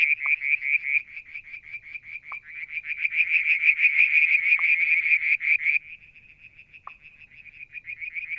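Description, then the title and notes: Frog giving fast repeated high pulses that thicken into a dense trill, then ease to quieter pulsing, with periodic lower knocks. Striped marsh frog, Verreaux's tree frog and an unidentified frog calling one evening near a water tank, Mount Wilson, New South Wales, Australia, July 2022. "Frog song, Mount Wilson, New South Wales, Australia in July 2022 – by Alexander Moffatt. Limnodynastes Peronii, Litoria Verreauxii and a mystery frog one evening near the water tank"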